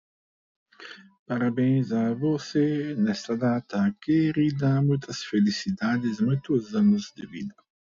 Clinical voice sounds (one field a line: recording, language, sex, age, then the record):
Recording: short text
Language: Brazilian Portuguese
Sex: male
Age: 50 to 59 years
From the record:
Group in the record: control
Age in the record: 57 years